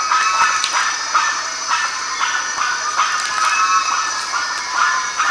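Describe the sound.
Bird calls in a noisy flock: bursts of rough chatter swell repeatedly, with a thin high whine running throughout.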